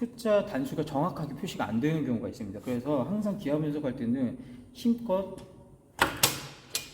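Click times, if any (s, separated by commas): 6.2 s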